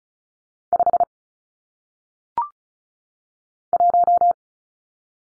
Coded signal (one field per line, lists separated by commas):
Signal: Morse code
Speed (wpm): 35 wpm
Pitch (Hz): 700 Hz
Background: none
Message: 5 1